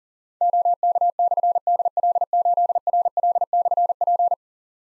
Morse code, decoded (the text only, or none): OK/DL8RL/P